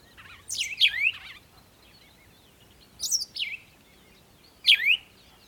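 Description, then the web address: Bird song, sharp high notes in three bursts, near 0.5, 3 and 4.7 seconds, separated by quiet gaps. Morning birdsong. "morning birds singing"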